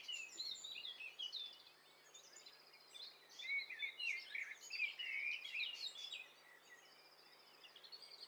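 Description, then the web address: Birds calling together: a dense tangle of overlapping chirps, trills and high buzzy phrases, rising and falling in intensity, with quieter stretches early on and near the end. Several birds calling at once, in stereo. "Hi Fi STEREO BIRD COCKTAIL PARTY Challenge"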